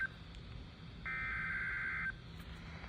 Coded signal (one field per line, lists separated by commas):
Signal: Emergency Alert System (SAME) tones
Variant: header bursts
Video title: High Wind Warning for the MA Coast and RI (EAS #1,507-1,509)